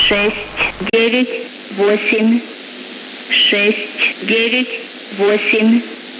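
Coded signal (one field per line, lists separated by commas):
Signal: numbers station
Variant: S06s, Russian female voice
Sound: a female voice reading short separated words, likely numbers, over radio hiss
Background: radio static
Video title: 20 01 2022 Number station S06s Russian Lady in Russian to Eu 0940 on 9540 unknown tx site in CUSB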